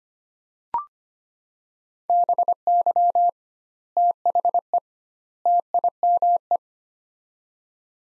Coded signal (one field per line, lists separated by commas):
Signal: Morse code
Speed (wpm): 25 wpm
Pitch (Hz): 700 Hz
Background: none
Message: BY THE TIME